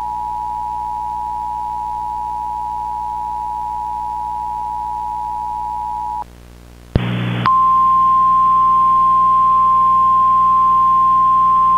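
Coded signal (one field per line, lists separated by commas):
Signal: Emergency Alert System (SAME) tones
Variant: 853 and 960 Hz attention tone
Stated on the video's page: Mock EAS tornado alert, not a real broadcast; valid EAS tones.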